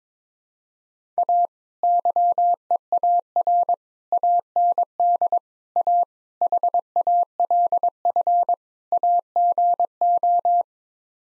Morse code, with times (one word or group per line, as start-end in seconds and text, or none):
1.2-1.5 A
1.8-3.7 YEAR
4.1-5.4 AND
5.8-6.0 A
6.4-8.5 HALF
8.9-10.6 AGO